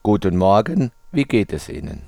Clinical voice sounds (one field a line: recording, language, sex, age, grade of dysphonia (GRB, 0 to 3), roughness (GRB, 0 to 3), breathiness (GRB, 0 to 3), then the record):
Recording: spoken sentence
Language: German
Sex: male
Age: 50 to 59 years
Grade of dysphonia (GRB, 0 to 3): 0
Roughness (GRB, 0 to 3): 0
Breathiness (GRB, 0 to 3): 0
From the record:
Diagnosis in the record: contact pachydermia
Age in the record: 55 years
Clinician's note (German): Zustand nach Abtragung